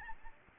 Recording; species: mosquito wingbeat signal from an infrared sensor; Aedes albopictus